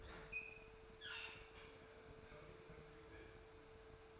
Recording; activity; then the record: daily activity, microphone in the room; open fridge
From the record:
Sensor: 2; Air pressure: 1014.8 hPa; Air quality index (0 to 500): 197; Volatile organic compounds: 17 ppm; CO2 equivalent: 2600 ppm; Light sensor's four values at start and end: 26/64/27/30 and 26/64/27/30